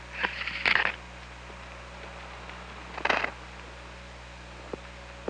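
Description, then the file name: Killer whale pulsed calls: two short buzzy bursts about two seconds apart, with a few faint clicks over a steady low hum. OrcaLab hydrophone, 24 August 2017 at 08:53. "Orca Lab UTLN JASON 20170824 085326"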